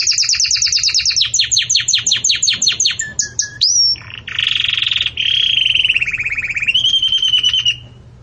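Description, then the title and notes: Belgian canary song: fast chattering series of notes, a brief rising whistle, then a long buzzy trill. Belgian canary 'campainha' (bell) song, used as a tutor song for young birds in breeding. "Canto Do Canário Belga Campainha Para Encarte De Filhotes. CANARIO"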